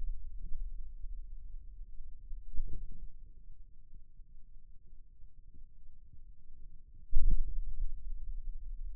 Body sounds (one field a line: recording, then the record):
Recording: forearm muscle sounds (acoustic myography)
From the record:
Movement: radial deviation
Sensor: system 2, bracelet of six BSWA MPA416 microphones around the upper forearm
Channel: 1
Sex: male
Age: 22 years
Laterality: right